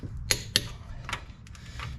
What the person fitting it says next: And no, that little click does not mean go further.